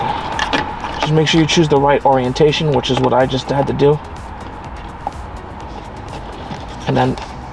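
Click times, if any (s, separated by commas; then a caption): none. Someone talks while the center touchscreen of a 2021 Tesla Model 3 is handled, being set in the right orientation onto a Hansshow aftermarket swivel mount bracket on the dashboard, over a steady background hum with a brief sharp tick near 5.1 s. The clip ends before the screen goes home; nothing has seated or clicked onto the swivel mount yet.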